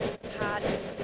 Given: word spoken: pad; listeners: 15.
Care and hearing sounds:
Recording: one English word in noise, from a listening test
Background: noise modulated by three-talker babble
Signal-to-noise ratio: -4.7 dB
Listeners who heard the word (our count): 3 of 15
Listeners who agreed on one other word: 10 of 15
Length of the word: 0.64 s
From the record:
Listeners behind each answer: 10, 3, 1, 1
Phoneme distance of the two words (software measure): 17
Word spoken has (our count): 1 syllable, 3 phonemes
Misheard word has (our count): 2 syllables, 4 phonemes, stress on syllable 1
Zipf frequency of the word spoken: 3.97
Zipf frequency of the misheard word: 4.14

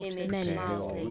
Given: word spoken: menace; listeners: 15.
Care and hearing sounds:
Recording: one English word in noise, from a listening test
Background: four-talker babble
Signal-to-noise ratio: -0.6 dB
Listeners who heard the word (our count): 1 of 15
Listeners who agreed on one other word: 9 of 15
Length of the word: 0.70 s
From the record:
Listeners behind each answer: 9, 2, 1, 1, 1, 1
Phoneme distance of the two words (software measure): 41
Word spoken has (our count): 2 syllables, 5 phonemes, stress on syllable 1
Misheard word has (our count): 2 syllables, 4 phonemes, stress on syllable 1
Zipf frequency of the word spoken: 3.55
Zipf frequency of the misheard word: 4.64

